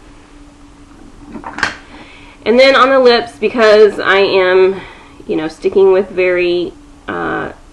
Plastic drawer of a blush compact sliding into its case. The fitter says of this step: there's a high chance of breaking this the first time because you don't know how to open it but you know it snaps into place